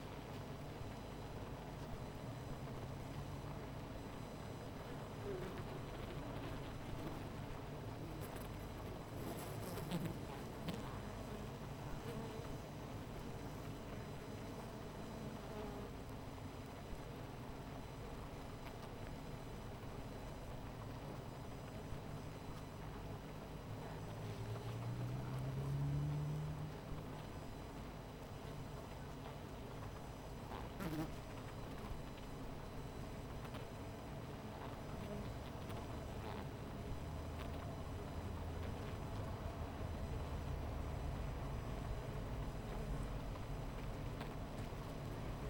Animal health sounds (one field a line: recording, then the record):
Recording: honeybee colony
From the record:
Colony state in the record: missing queen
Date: 14 July 2017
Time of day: 17:17